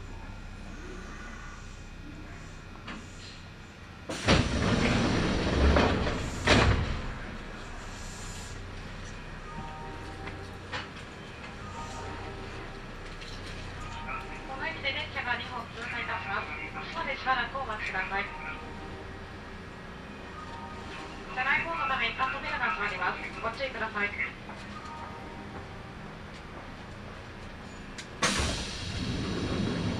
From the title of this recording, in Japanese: 近鉄名古屋線 普通 近鉄名古屋→蟹江